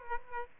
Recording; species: mosquito wingbeat signal from an infrared sensor; Aedes aegypti